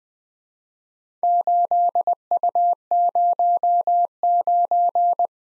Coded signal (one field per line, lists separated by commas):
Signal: Morse code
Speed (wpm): 20 wpm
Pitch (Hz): 700 Hz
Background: none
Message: 8U09